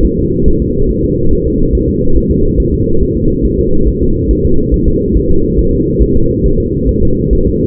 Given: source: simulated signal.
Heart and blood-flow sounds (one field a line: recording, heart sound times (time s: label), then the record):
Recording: fetal heart sounds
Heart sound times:
0.05 s: S1
0.19 s: S2
0.48 s: S1
0.62 s: S2
0.91 s: S1
1.05 s: S2
1.33 s: S1
1.47 s: S2
1.75 s: S1
1.89 s: S2
2.17 s: S1
2.31 s: S2
2.60 s: S1
2.74 s: S2
3.02 s: S1
3.17 s: S2
3.45 s: S1
3.59 s: S2
3.88 s: S1
4.02 s: S2
4.31 s: S1
4.45 s: S2
4.74 s: S1
4.88 s: S2
5.17 s: S1
5.31 s: S2
5.59 s: S1
5.73 s: S2
6.02 s: S1
6.16 s: S2
6.46 s: S1
6.60 s: S2
6.89 s: S1
7.03 s: S2
7.33 s: S1
7.47 s: S2
From the record:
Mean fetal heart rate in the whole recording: 140 bpm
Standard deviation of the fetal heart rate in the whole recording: 2 bpm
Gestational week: 34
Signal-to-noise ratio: -17.7 dB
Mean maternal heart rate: 72 bpm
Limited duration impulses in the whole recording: present